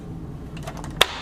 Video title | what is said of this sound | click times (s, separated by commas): Viking 6360 reassembly | and just snap it in place | 1.0 s